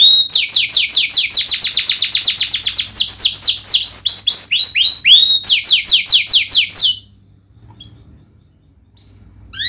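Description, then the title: Domestic canary singing a long, loud run of rapid descending slurred notes for about seven seconds, then near silence with a few faint chips. Canary; Indonesian bird-keeping terms describe it as in full, lively song with its finest melodic phrasing and richest fill notes. "Kenari Gacor Cengkok Terbaik Isian Paling Mewah"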